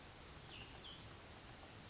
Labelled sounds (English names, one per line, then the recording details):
Cassin's Vireo
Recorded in Sonoma County, California